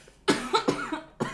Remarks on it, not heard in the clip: Every time I cough in here. This is a smoking podcast.